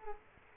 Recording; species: mosquito wingbeat signal from an infrared sensor; Culex quinquefasciatus